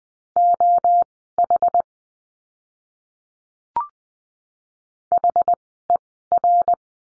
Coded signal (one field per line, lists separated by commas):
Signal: Morse code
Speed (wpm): 20 wpm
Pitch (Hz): 700 Hz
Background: none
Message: OH HER